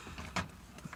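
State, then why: Released. A plastic instrument shroud clipped into the dashboard of an MX-5 is tugged from below after its bottom has been unclipped. A sharp clip release pops it off at 0.4 s, with quieter clicks around it, and the shroud comes free. Doing it this way can damage the clips.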